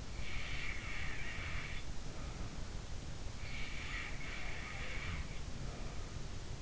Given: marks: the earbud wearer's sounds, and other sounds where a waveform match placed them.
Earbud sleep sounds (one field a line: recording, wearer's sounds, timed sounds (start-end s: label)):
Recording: sounds in sleep by an in-ear microphone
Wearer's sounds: snoring breath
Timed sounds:
0.00-3.03 s: snoring breath
3.40-6.54 s: snoring breath